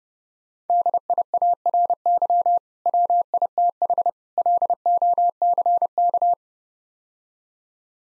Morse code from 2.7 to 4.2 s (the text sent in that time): WITH